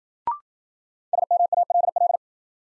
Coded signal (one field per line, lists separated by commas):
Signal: Morse code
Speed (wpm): 53 wpm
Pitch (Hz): 700 Hz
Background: none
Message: SMALL